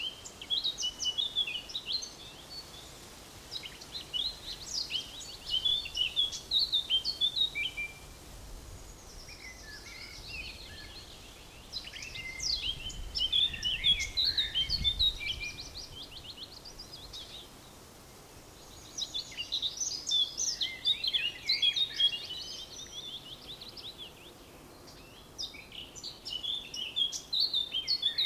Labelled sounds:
Eurasian Blackcap (Sylvia atricapilla)

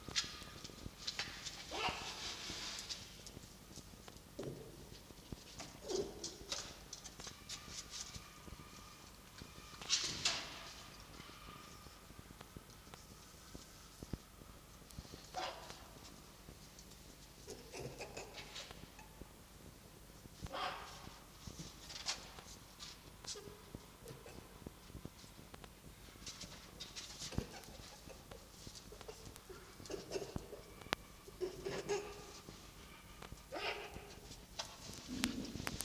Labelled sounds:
Red Fox (Vulpes vulpes)

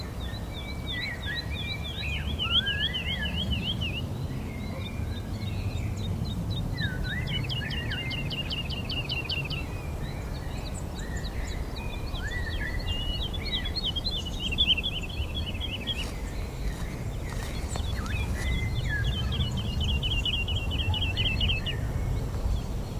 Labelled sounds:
Wood Lark (Lullula arborea) flight song

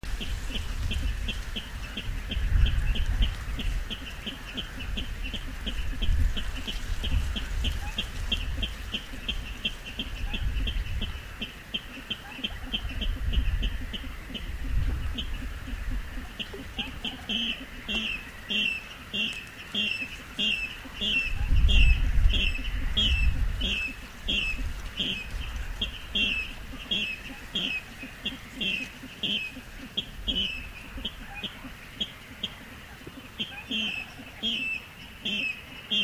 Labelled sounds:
Little Crake (Porzana parva) call

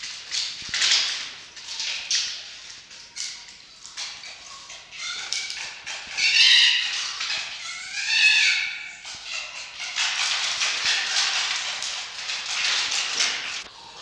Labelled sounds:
Red Fox (Vulpes vulpes)

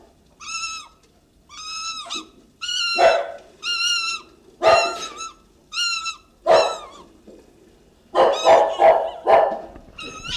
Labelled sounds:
Fennec Fox (Vulpes zerda)

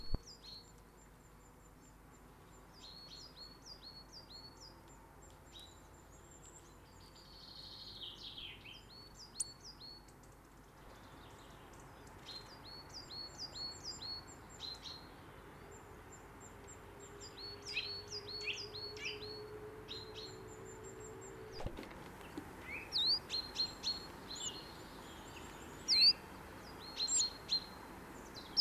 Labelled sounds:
Willow Tit (Poecile montanus) song

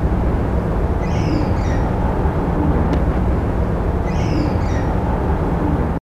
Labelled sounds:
House Sparrow (Passer domesticus) call

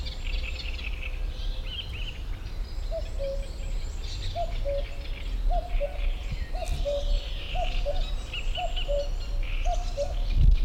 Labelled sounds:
Icterine Warbler (Hippolais icterina)

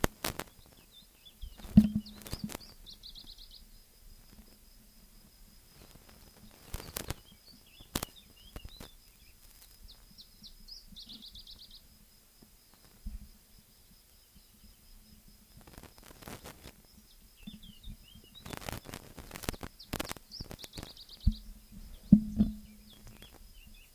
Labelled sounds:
Iberian Chiffchaff (Phylloscopus ibericus) song

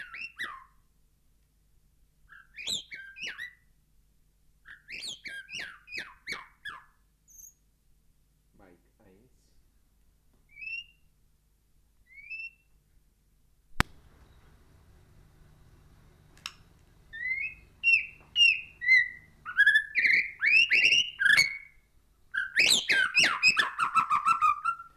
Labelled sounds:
White-rumped Shama (Copsychus malabaricus) song

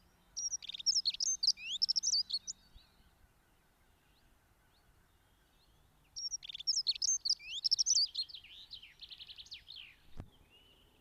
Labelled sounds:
Dunnock (Prunella modularis) song

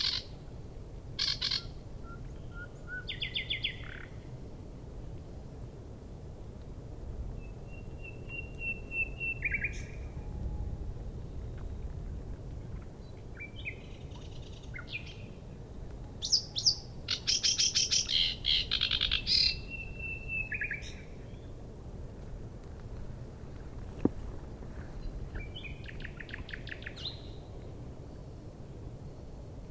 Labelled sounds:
Sedge Warbler (Acrocephalus schoenobaenus) song

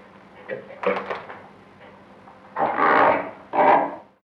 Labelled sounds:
Great White Pelican (Pelecanus onocrotalus)

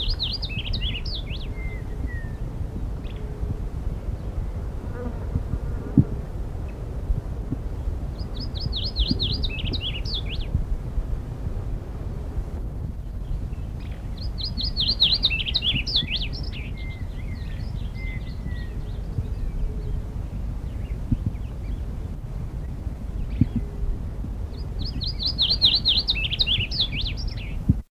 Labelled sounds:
Masked Yellowthroat (Geothlypis aequinoctialis) song

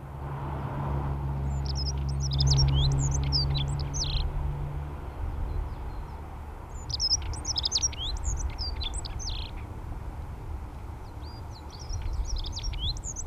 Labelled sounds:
Dunnock (Prunella modularis) song

